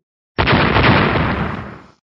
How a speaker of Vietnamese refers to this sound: Những tiếng nổ kinh thiên động địa không ngừng vang lên, 27 thanh phi kiếm cuốn theo gió mà bay tới.